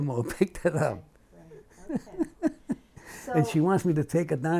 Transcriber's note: laughs